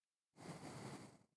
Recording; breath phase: one breath near a microphone; exhalation